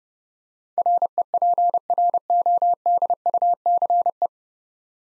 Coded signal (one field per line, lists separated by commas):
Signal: Morse code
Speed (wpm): 28 wpm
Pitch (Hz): 700 Hz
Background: none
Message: REPRODUCE